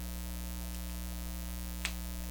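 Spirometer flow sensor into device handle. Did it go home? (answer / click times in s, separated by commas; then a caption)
yes / 1.8 s. A disposable spirometer flow sensor/mouthpiece with two tubes and a pin is lined up on the handle of a spirometry device and pushed in, over a steady electrical hum with faint ticks at 0.8 s and 2.2 s. It snaps into place with a sharp click at 1.9 s, seating the sensor in position.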